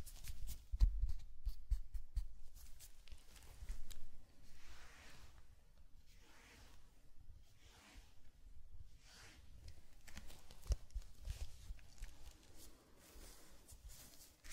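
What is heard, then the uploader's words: Sounds of a small zen sand garden, opening with a cluster of quick, sharp taps and crinkles. Through the middle, slow soft swishes of sand being brushed come every second or so, before another brief burst of dry tapping near the end. Zen Garden - Sand Crinkle Brushing Tapping Cup Sounds. NO TALKING.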